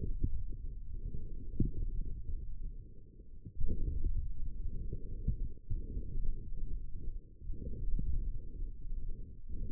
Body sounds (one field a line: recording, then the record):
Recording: forearm muscle sounds (acoustic myography)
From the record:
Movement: forearm supination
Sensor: system 1, eight BSWA MPA416 microphones around the upper forearm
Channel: 3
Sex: male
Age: 28 years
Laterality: right